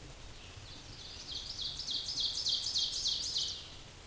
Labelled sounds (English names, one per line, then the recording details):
Ovenbird song
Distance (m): 30 m
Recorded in a Pennsylvania forest on 17 May 2023 at 13:39
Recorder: AudioMoth, point grid1_27_low
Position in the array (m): 143 m, 70 m